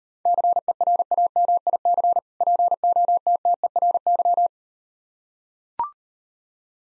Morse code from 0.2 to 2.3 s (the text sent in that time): CERAMIC